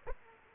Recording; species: mosquito wingbeat signal from an infrared sensor; Aedes aegypti